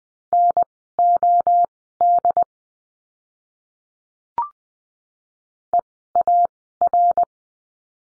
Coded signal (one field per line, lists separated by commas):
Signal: Morse code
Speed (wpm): 20 wpm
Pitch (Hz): 700 Hz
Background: none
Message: NOD EAR